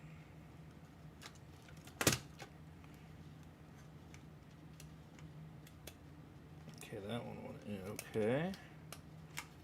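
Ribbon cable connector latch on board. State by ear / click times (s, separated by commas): seated / 8.9 s, 9.4 s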